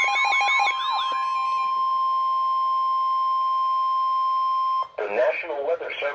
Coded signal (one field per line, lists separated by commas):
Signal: Emergency Alert System (SAME) tones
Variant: 1050 Hz attention tone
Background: speech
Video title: Flood Warnings - EAS #753-754